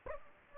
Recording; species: mosquito wingbeat signal from an infrared sensor; Aedes aegypti